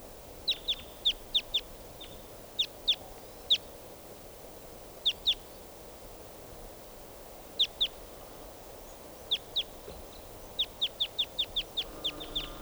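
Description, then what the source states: Red Crossbill calls: sharp, high chip notes, some single and some in quick bursts of several, scattered throughout over steady low background noise. Type 2 call type; bird approaching and perched in a tree above the recordist; in a gully.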